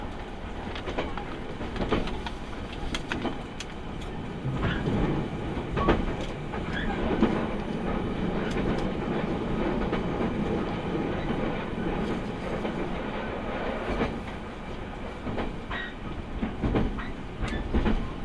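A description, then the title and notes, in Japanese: A train ride heard from inside the carriage: a steady low rumble with frequent sharp clicks and rattles, louder bumps near the end. 柳ヶ浦を出ると、中津、牛島、行橋の順に停車をしていきます。ようやく日ものぼってきました。耳で楽しむ鉄道旅。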